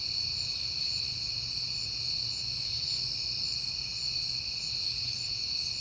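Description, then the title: Cricket chorus, an unbroken high-pitched ringing trill, with a soft low hum underneath. Crickets at night in September, on a peaceful night. "Night Time: Crickets and Passing Cars"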